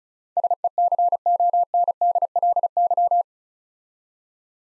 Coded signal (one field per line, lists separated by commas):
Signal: Morse code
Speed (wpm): 34 wpm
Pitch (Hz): 700 Hz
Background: none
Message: SECONDLY